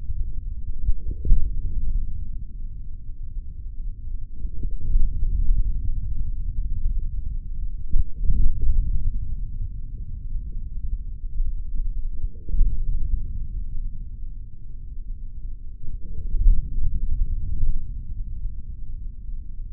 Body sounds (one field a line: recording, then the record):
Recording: forearm muscle sounds (acoustic myography)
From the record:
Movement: forearm pronation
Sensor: system 3, bracelet of six PUI Audio POM-2738L microphones around the upper forearm, with dedicated amplification and filtering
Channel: 4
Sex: male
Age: 23 years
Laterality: right